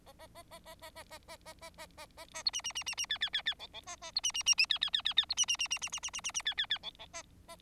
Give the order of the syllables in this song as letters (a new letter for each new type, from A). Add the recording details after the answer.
A A A A A A A A A A A A A A A B C C C C C D D D D E E A A B C C C C D D D D D B C C C C C C C C C C D D D E E A A. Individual Bird4